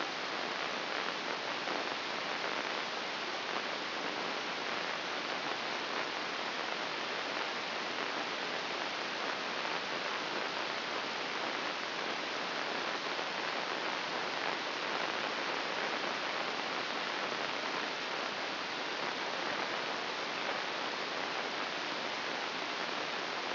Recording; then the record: brain microelectrode recording played as sound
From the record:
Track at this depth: inside the subthalamic nucleus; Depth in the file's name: 4.34 mm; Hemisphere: right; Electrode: 2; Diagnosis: Parkinson's disease